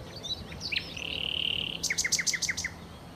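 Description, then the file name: Common nightingale song: a steady drawn-out whistle held almost a second, then a fast run of several loud repeated notes, each with a bright high edge. "Nachtigall"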